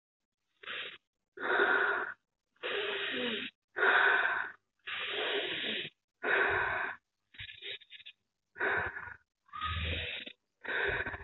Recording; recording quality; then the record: deep breathing; excellent, no background noise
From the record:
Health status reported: healthy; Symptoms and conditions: none ticked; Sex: female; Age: 21 years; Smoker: not ticked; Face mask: not worn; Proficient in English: yes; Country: India